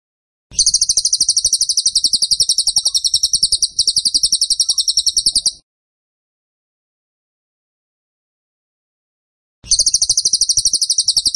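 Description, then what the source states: Bird song: a long, shrill pulsed trill for about five seconds with a short break, then silence, then the same rapid trill returning. Masteran (training) song of a bird in tembakan style, described as gacor.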